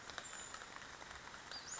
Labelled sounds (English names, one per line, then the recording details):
Western Flycatcher
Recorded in Sonoma County, California